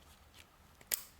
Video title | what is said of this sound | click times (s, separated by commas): Corvette/Camaro LT1 Fuel Injector Install - C4 Generation | and push them on. You'll hear them click. | 0.9 s